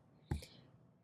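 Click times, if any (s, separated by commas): 0.3 s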